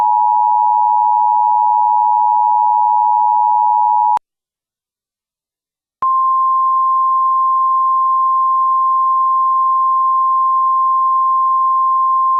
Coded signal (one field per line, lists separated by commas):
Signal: Emergency Alert System (SAME) tones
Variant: 853 and 960 Hz attention tone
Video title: EAS Severe Thunderstorm Watch 897 for NC.